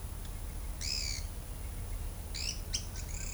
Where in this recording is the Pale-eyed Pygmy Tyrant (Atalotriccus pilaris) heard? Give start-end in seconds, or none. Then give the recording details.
0.80-1.20, 2.32-3.33. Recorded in shrubland near Pivijay, Magdalena, Colombia, on 5 June 2023 at 13:00. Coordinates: 10.453, -74.365. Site P5-G022